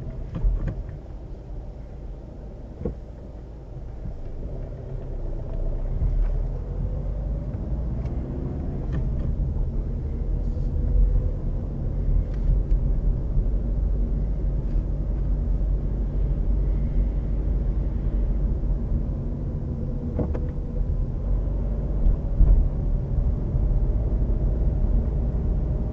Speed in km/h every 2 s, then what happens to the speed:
0, 0, 3, 9, 21, 23, 25, 23, 24, 24, 22, 26, 27.
0-3 standing. 3-11 pulls away to 25. 11-26 steady at about 24.